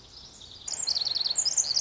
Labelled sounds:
Pacific Wren (Troglodytes pacificus)
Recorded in Sonoma County, California

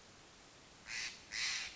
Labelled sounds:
Steller's Jay (Cyanocitta stelleri)
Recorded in Sonoma County, California

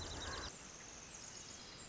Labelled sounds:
Pacific Wren (Troglodytes pacificus)
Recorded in Sonoma County, California

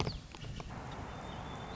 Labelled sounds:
White-crowned Sparrow (Zonotrichia leucophrys)
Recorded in Sonoma County, California

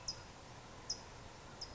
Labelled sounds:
California Towhee (Melozone crissalis)
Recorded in Sonoma County, California

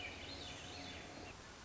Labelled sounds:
Swainson's Thrush (Catharus ustulatus)
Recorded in Sonoma County, California

